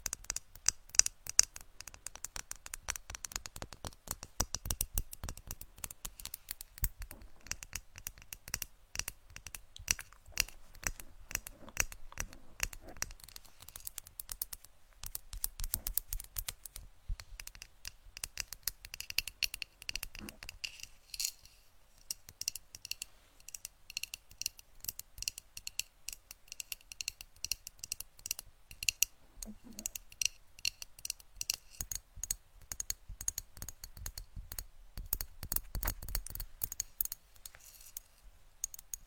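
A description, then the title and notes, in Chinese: Crisp tapping and clicking runs nonstop for the whole clip, fast and dense like fingernails drumming or keys being struck. The taps are bright and dry, with a few slightly heavier knocks. 敲击大脑/指尖刺痛（声控助眠）。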